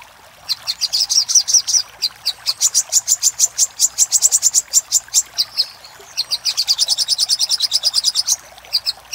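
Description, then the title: Little spiderhunter song: long runs of evenly spaced, high, sharp notes, a short break near six seconds, then a fast steady trill. Master recording used for training cage birds. "Sogok Ontong Labaik"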